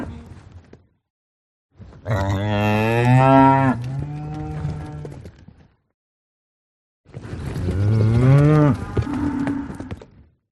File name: audio hero Cow